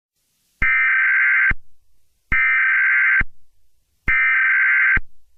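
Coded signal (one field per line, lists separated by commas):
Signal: Emergency Alert System (SAME) tones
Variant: header bursts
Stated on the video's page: Fictional EAS scenario, re-uploaded.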